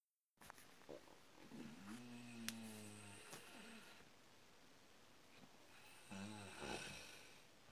Snoring Heavy Breathing.